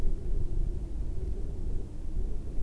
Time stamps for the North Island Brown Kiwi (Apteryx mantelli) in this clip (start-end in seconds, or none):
none